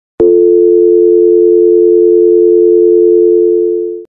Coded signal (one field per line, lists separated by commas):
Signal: telephone call progress tone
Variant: North America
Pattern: dial tone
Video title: Phone Dial Tone - Sound Effect (HD)